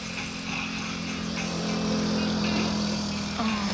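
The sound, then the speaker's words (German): A bus engine drones with a steady low rumble and a humming tone, growing slightly louder partway through and holding there, with no voices. “Irgendein Bus.”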